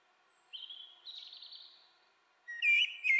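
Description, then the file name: Common blackbird song: thin, drawn-out high whistles, then a brief quiet gap and a louder fluty warble at the end. "Turdus merula"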